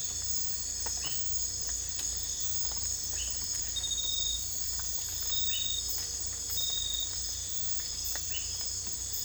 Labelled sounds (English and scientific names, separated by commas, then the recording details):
none
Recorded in dense forest near Puerto Asís, Putumayo, Colombia, on 18 December 2024 at 00:00
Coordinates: 0.484, -76.317
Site G026